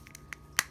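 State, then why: Seated. The two plastic halves of a Honda CR-V remote key case are pressed together by hand over the newly replaced coin battery. A few faint ticks come first, at about 0.1, 0.2 and 0.3 s, then a sharp, loud click at 0.6 s. The shell halves snap shut and are seated.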